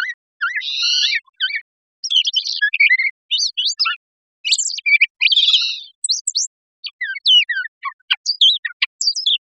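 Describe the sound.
Brown thrasher singing a rapid, varied string of phrases, raspy rich notes alternating with thin high whistles and sharp chips, pausing only briefly between them.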